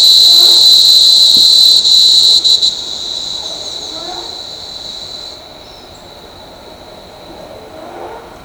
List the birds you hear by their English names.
none